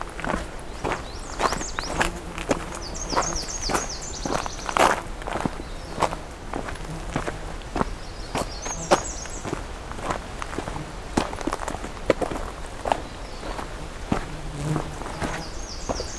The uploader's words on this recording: Scouting Pine Tree Harbour, Part 2. I’m continuing the hike along the trail north of Pine Tree Harbour, about to come across a cedar swamp with a very different mix of bird species than I’ve been finding around this area.